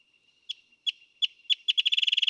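Wrentit song: spaced sharp pips over a faint steady tone, accelerating into a rapid even trill.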